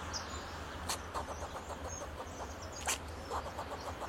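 Fox squirrel calling in a series of short clucking notes with two sharp louder clicks, against constant low hum and faint bird whistles.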